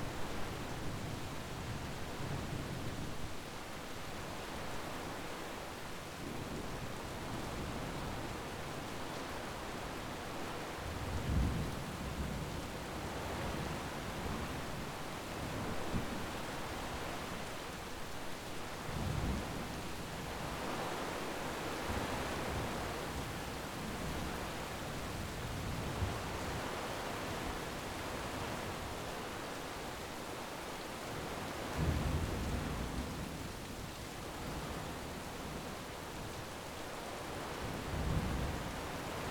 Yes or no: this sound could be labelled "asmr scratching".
no